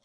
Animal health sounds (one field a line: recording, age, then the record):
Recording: pig call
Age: piglet (1 to 25 days)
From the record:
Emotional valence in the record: positive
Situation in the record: reunion after long isolation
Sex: female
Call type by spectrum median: high-frequency call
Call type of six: low-frequency tonal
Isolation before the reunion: 8 minutes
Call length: 0.05 s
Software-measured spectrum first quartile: 740 Hz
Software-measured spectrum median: 2834 Hz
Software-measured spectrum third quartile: 4833 Hz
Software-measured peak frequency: 577 Hz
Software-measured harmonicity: 0.4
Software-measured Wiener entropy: -1.57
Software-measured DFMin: 610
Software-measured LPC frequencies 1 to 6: 751, 2085, 3278, 4243, 5471, 6121 Hz